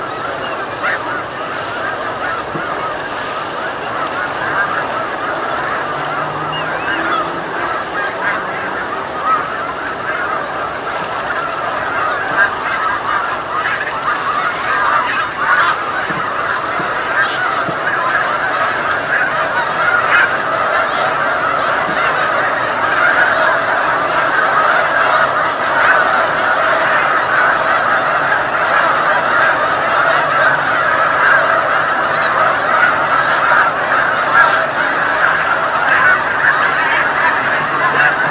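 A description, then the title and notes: A huge flock of snow geese on Lake Champlain calls without pause, hundreds of overlapping honks blending into a dense, steady clamor. The sound stays constant throughout, with a faint low rumble underneath and no clear breaks. Three minutes of snow geese on Lake Champlain, November 2018.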